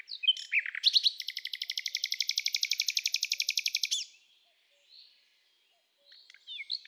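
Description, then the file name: Common nightingale song with a long, fast, rhythmic trill of repeated notes lasting about three seconds, ending abruptly, then quiet soft phrases. "Luscinia megarhynchos"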